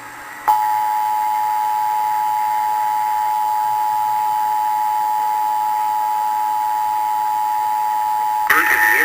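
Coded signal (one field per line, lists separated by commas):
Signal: Emergency Alert System (SAME) tones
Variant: 853 and 960 Hz attention tone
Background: speech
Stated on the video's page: First nationwide EAS test, recorded off WAVY-TV 10 with the recorder held very close to the TV.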